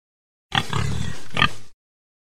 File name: pig